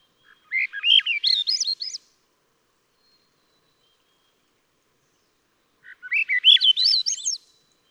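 Swainson's thrush song, two rising, whirling flute-like phrases roughly four seconds apart, quiet background between them.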